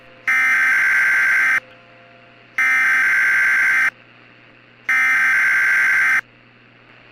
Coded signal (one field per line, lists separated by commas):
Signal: Emergency Alert System (SAME) tones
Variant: header bursts